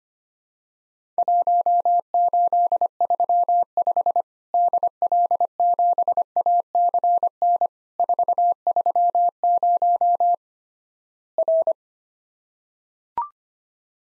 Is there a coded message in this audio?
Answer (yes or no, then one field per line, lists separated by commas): yes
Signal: Morse code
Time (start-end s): 1.2-11.7 s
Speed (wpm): 25 wpm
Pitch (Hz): 700 Hz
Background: none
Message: 1835 DL7ACN 430 R